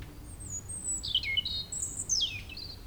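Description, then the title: European robin song phrase: a thin high whistle followed by quick sliding, tumbling notes and a falling warble. Sung at sunset on the shore of Lac du Bourget near Brison-Saint-Innocent, France, with the nearby road closed to traffic and calm restored. "28 Chem. de la Chapelle, Brison-Saint-Innocent, France - rouge-gorge."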